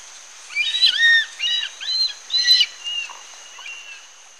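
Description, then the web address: Black-and-chestnut eagle calling a quick series of four or five short, slurred whistled notes, then fainter trailing notes, against constant high-pitched background hiss. Recorded in Ecuador. "Birds of Ecuador. Black-and-chestnut Eagle"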